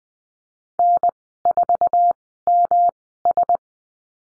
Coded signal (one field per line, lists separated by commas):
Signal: Morse code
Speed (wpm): 20 wpm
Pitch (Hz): 700 Hz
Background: none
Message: N4MS